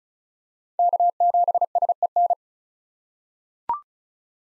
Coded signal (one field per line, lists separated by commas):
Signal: Morse code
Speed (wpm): 34 wpm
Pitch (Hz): 700 Hz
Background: none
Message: K7SEN